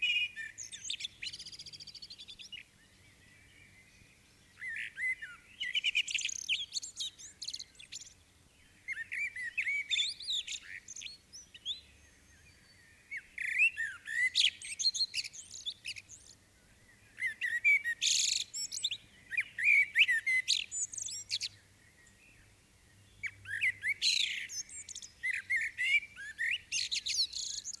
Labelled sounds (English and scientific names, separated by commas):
Common Blackbird (Turdus merula) song